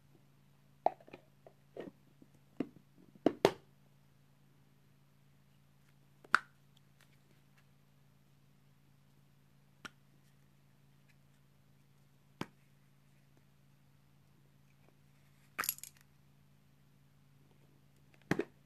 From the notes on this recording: opening and closing of various tops, cutting newspaper and shower sounds from a distance